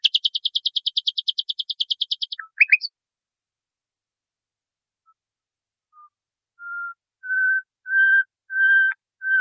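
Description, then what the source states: Nightingale song: a rapid rattling trill and a few sharp notes, then a quiet gap before a series of pure, drawn-out whistles that grow louder. Masteran recording, used for training cage birds.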